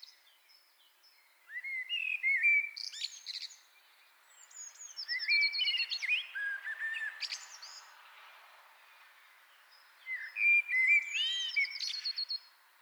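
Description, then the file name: Common blackbird delivering three separate song phrases, each a low flute-like warble topped with shrill, scratchy high notes, pauses between them. "Turdus merula"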